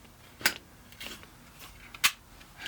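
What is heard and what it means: A blade is slid out on a cheap plastic safety scraper to test whether its slider locks in place, producing sharp plastic clicks near 0.5 s and 2.0 s with softer scraping sounds in between. The blade fails to lock and has to be held with the thumb, so nothing has clicked into place.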